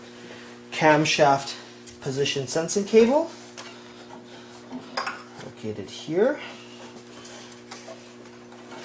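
Someone talks while handling the camshaft position sensor cable plug at its socket on the engine of a 2000–2005 seventh-generation Honda Civic (D15B/D17A), with a constant low hum underneath. Brief sharp handling knocks sound at about 5.0 s and 7.7 s. The connector has not clicked or seated yet.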